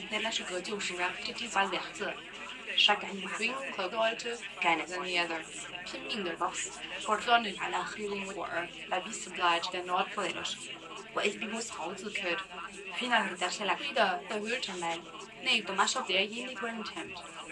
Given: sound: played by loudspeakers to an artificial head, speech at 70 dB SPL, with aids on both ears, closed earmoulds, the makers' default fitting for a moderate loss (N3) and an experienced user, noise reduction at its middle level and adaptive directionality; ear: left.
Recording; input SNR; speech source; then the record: speech test signal (ISTS) in cocktail-party noise; +6 dB; on the right (90 degrees)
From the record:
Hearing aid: class 2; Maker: E